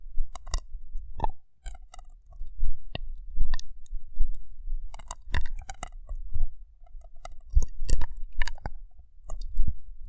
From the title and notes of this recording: ASMR Rough Brain Cleaning and Picking (No Talking).